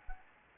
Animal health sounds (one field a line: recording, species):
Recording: mosquito wingbeat signal from an infrared sensor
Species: Anopheles gambiae